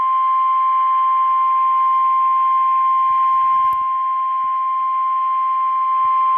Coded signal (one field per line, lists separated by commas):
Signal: Emergency Alert System (SAME) tones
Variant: 1050 Hz attention tone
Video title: Severe Thunderstorm Warning Upton NY EAS#66 NOAA Weather Radio Station KWO35